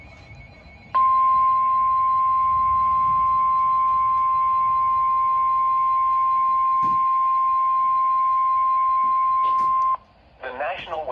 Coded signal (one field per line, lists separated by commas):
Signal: Emergency Alert System (SAME) tones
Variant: 1050 Hz attention tone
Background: speech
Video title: Tornado Warning & Severe Thunderstorm Warning (EAS #531 & 532) Double Header